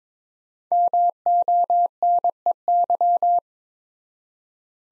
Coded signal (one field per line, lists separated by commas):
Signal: Morse code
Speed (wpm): 22 wpm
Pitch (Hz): 700 Hz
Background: none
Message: MONEY